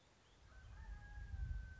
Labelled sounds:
Mountain Quail
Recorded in Sonoma County, California

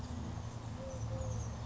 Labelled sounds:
Eurasian Collared Dove
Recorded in Sonoma County, California

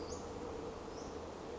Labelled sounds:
Western Flycatcher
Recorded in Sonoma County, California

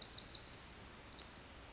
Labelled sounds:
Pacific Wren
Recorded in Sonoma County, California

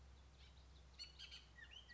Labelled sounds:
Bullock's Oriole
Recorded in Sonoma County, California

